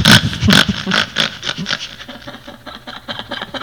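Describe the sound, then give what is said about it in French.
A pig moving about, giving off a rapid series of rough, breathy snorts and snuffles, loudest at first, then continuing as softer, uneven grunting puffs with no talking. “C'est le cochon qui sort.”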